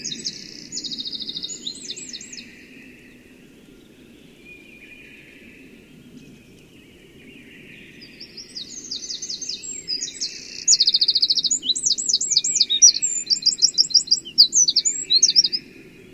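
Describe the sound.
Eurasian wren song: rapid bursts of high, metallic trills and chattering notes, a short phrase at the start and a longer, louder run from about eight seconds, over a steady low rumble.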